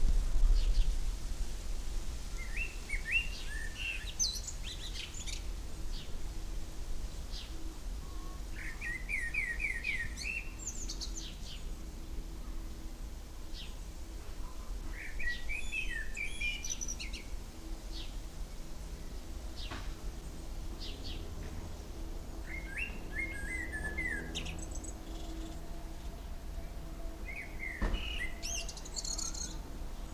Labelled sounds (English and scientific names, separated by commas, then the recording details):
Common Blackbird (Turdus merula) song
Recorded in the wild
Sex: male
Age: adult
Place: Lübars, Benekendorffstraße, Berlin, DE
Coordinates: 52.6167, 13.3469
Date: 1998-06-01 15:58
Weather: rain, 18°C
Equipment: Sony MD-WM MZ-R3, Sennheiser MKH 416 T, Kopie Uher 4000 Report Monitor
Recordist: Tembrock, Günter